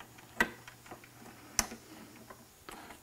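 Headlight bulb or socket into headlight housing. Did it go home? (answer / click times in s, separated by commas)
yes / 1.6 s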